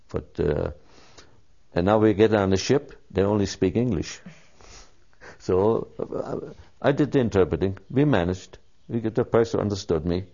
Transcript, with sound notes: But, uh - and now we get on the ship, they only speak English. (Laughs) So - I-I-I did the interpreting. We managed. We get the person understood me.